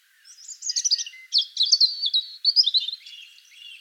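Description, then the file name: European robin song: a quiet start, then bright, high, tumbling warbled phrases with sharp sweeping notes, trailing off into soft twitters. "Erithacus rubecula"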